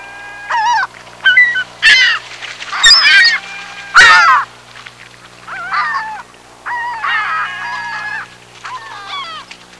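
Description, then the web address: Gull calls: a series of loud, wailing and yelping cries given at irregular intervals, some rising then falling, with a low steady hum beneath. "seagull"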